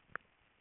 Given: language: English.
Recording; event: throat vibration sensor signal played as sound; swallow